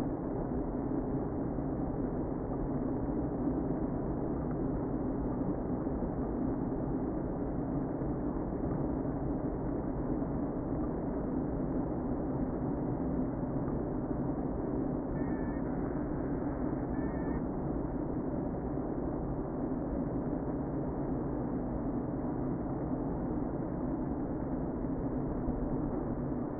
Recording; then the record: honeybee colony, microphone inside the hive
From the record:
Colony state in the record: queen present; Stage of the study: before two queens were removed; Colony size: about 60,000 bees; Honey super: yes